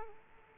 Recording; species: mosquito wingbeat signal from an infrared sensor; Aedes aegypti